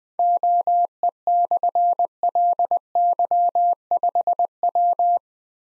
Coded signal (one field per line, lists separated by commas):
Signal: Morse code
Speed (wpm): 20 wpm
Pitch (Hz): 700 Hz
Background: none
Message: OE/LY5W